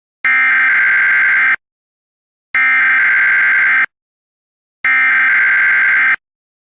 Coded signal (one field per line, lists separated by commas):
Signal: Emergency Alert System (SAME) tones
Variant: header bursts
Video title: EAS Classic: Chuck Norris EAS Alert (Original Version)